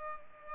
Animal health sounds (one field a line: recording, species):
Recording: mosquito wingbeat signal from an infrared sensor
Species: Culex pipiens